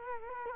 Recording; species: mosquito wingbeat signal from an infrared sensor; Culex quinquefasciatus